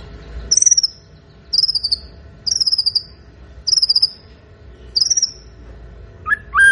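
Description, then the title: White-rumped shama singing clear falling whistles with a short stuttered tail, repeated five times, then a lower fluty phrase closes the passage. Actively singing bird used as a lure to provoke a response from other birds. "PANCINGAN MURAI BATU GACOR"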